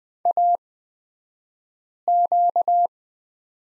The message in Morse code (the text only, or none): AQ